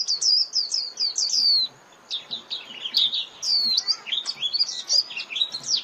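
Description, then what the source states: White-eye twittering: a quick string of high chirps, a brief pause, then varied slurred and buzzy high notes in a continuous jumble. Lure call (mồi) used for trapping white-eyes.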